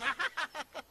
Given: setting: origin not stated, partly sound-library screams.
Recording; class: one-second piece from a danger detection set; normal situation